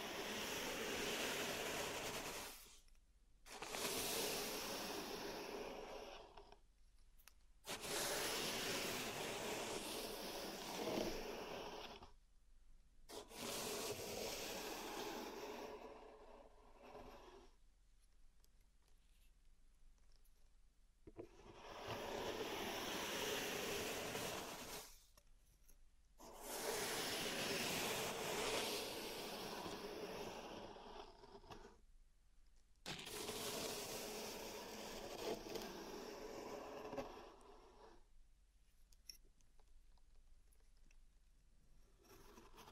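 Pink salt being raked and swept in a zen garden, heard as bright, gritty scraping strokes that run for a few seconds each, separated by brief pauses. A softer, sparser stretch of light rustling sits in the middle, and the final seconds also ease off.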